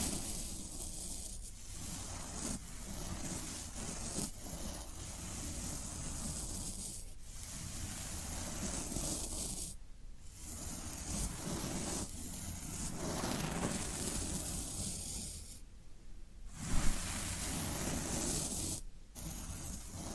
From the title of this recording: Floral Foam Sounds